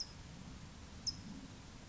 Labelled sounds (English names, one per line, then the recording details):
California Towhee
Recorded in Sonoma County, California